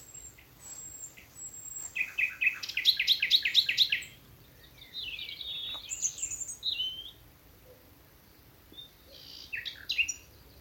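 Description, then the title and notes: Common nightingale song: thin whistles, then a fast pulsing trill, followed by varied warbled phrases after short pauses. Several nightingales singing in thickets of a Dorset wood in the evening as dew falls, Alners Gorse nature reserve run by Butterfly Conservation, Dorset, England. "Sound Escape 11: the glorious song of nightingales from a Dorset wood. BBC Countryfile Magazine. it's evening at Alners Gorse, a nature reserve in Dorset run by Butterfly Conservation . As the dew falls, the extraordinary song of nightingales rises from the thickets. Recorded by Martin Maudsley"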